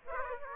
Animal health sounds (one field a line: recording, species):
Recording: mosquito wingbeat signal from an infrared sensor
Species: Aedes aegypti